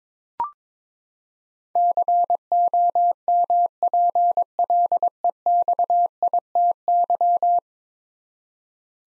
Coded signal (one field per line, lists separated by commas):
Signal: Morse code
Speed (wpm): 21 wpm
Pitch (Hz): 700 Hz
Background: none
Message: COMPLEXITY